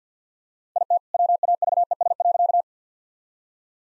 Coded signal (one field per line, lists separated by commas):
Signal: Morse code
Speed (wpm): 50 wpm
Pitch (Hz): 700 Hz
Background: none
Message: IT WAVES.